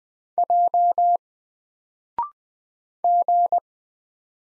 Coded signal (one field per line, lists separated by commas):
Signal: Morse code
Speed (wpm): 20 wpm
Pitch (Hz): 700 Hz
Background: none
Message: J G